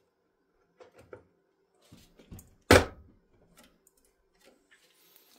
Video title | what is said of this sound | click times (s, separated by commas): Montage PC - Ryzen 5 7600, 32Go DDR5, RX 7600XT, 4000D Airflow | fois qu'elle est bien clipsée on remet les deux vis | 2.7 s